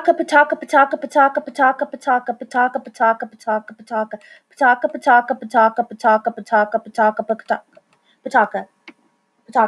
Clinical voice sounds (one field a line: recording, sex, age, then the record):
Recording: repeated syllables /pa ta ka/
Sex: female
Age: 30 to 39 years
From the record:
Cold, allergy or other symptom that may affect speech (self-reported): no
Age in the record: 35 years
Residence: California, United States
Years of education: 14